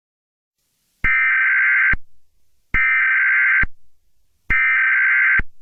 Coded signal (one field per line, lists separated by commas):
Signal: Emergency Alert System (SAME) tones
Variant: header bursts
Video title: Elemental Attack - An EAS Scenario